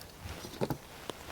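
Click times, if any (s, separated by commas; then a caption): none. A GM/Chevy factory wiper blade sits on the hook of the wiper arm while its plastic locking lever on the blade adapter is handled, about to be pushed down to lock the blade onto the arm. Quiet handling noise carries soft knocks around 0.6–0.7 s and brief sharp ticks at about 1.1 s and 1.3 s. Nothing has seated or clicked yet.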